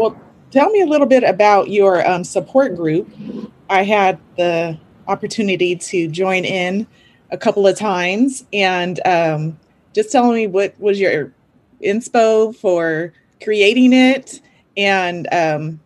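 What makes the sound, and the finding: Adult woman speaking. Typical speech.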